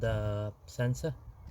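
A wiring harness connector is handled as it is about to be pushed back onto the mass airflow sensor of a Mitsubishi Outlander, during a cheap fix for a faulty MAF sensor with fault codes P0101, P0102, P0103, P1014 and P0068. Someone talks for most of the 1.6 seconds, with quiet pauses between the words. Nothing has seated or clicked yet.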